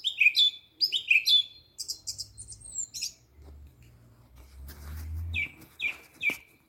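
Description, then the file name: Bird singing bright, high chirps and short trills, a pause with faint low rumble, then three repeated down-slurred whistled notes. "vogel"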